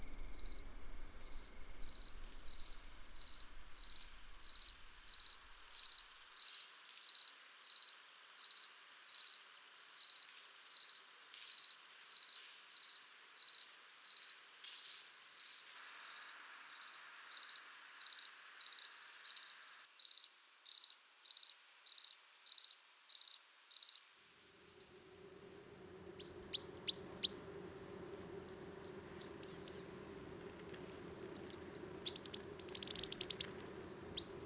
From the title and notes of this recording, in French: Voici un bouquet sonore à découvrir au fil des mois et enregistré dans le sud de la France durant l'année 2018.